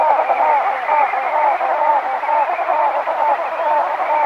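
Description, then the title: Andean flamingo group chorus of rough, crackling calls, with a clear arched nasal note repeated about twice a second above the constant chatter. Group courtship display; call described as a series of cra cra cra notes. "Parina Grande O Flamenco Andino (cortejo Grupal)"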